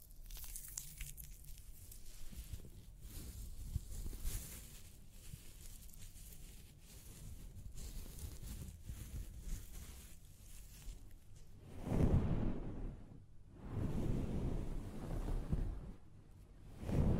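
Scalp massage during a hair wash, with steady rubbing and crackling textures from fingers working through hair. Faint bright swishes come and go early on. Near the end, louder low rubbing swells arrive around twelve, fourteen and seventeen seconds.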